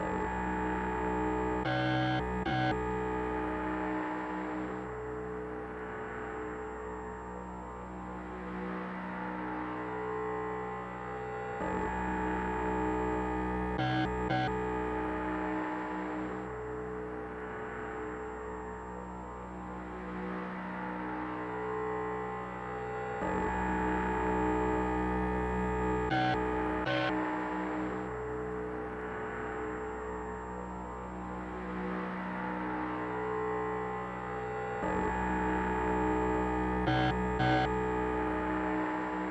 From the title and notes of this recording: Sheet metal + electric razor = noise. Shortwave noise comp: field recordings of radio frequency layered with noise of an electric razor on sheet metal.